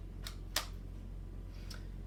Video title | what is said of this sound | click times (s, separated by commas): How to Disassemble the Front Wheel Housing Mechanisms on an Uppababy Vista | everything up and just press down a little click right into place and | 0.6 s